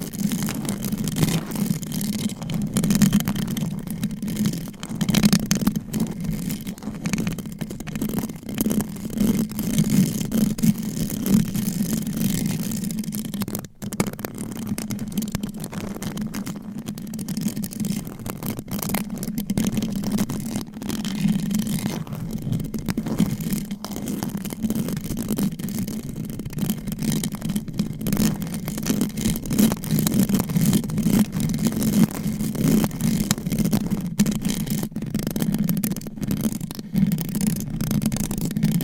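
Fast, aggressive scratching on microphone covers with fingernails runs without a break for the whole clip. The rasping is dense and quick, with a steady low hum underneath and sharp clicks and taps scattered throughout, a few standing out around 14 and 21 seconds.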